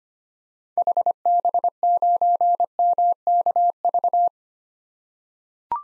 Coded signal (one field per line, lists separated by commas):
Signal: Morse code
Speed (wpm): 25 wpm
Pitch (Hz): 700 Hz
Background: none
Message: HB9MKV